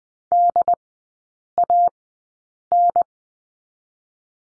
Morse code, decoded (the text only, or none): DAN